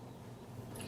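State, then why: Not seated. A small locking lever on a Kenmore Rotary Sewing Machine Model 117.59 is handled and adjusted, with only a low steady background and a faint brief high-pitched sound near 0.8 s. Nothing has seated or snapped secure yet.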